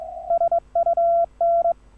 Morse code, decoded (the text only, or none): SUN